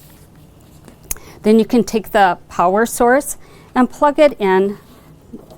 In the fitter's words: hose and put them together snap them until you hear them click